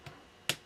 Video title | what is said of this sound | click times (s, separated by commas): Six CD Changer Repair GMC, Chevrolet, Honda, Toyota and MANY Others | there you could probably hear that click into place | 0.5 s